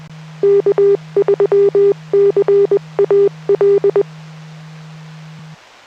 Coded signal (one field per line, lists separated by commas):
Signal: Morse code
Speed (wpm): 20 wpm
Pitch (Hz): 400 Hz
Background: music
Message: K3CAL